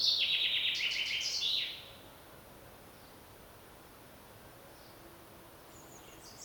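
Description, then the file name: Common chaffinch song: a bright, rattling phrase of under two seconds, followed by quiet hiss and faint high chirps. "Fringilla coelebs"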